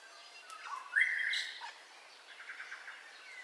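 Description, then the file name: Bird calls with one loud rising whistle that holds level for about half a second, then softer chirps beneath other birds. Dawn ambience, recorded in stereo. "AMBIENCE DAWN BIRDCALLS 04 STEREO"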